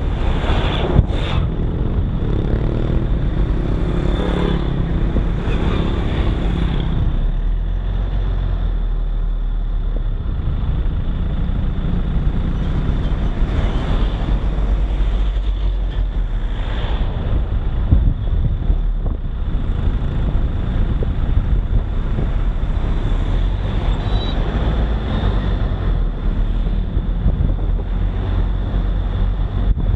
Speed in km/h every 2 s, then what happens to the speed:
15, 15, 15, 17, 18, 17, 17, 18, 18, 18, 19, 24, 26, 29, 29.
0-19 steady at about 17. 19-30 speeds up to 29.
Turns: none.